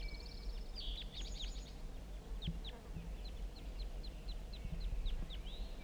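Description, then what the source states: Crossbill flight calls, sharp downslurred chips repeated in loose bursts throughout, over a low rumbling background. Crossbills flying over and down to the bottom of a hollow.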